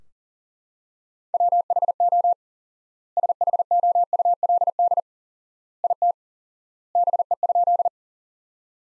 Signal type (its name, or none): Morse code